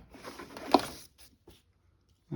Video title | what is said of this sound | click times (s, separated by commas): 2007-2013 Toyota Tundra High Beam Headlight Bulb Left & Right Removal And Installation Instructions | push up on it until it clips in. It makes a clicking sound. | 0.7 s